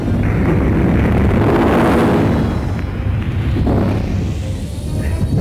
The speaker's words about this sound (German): Die Schutzschirme wehren die Raketen ab. Die Bomben explodieren. Ein Feuerball. Ein riesiger Feuerball.